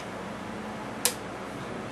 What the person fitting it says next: That's snapped into place.